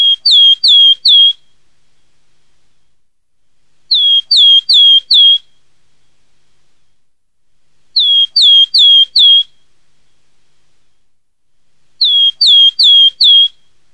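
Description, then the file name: Willow tit giving phrases of three or four clear, slightly down-slurred whistled notes, each phrase repeated about every four seconds, with silence between. "HOMOTIAINEN"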